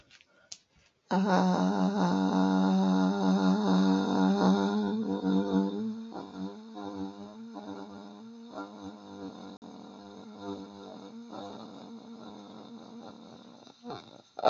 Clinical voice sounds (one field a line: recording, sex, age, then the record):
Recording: vowel held as long as possible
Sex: female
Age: 50 to 59 years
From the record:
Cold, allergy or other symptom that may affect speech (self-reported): no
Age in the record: 56 years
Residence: Ohio, United States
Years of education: 13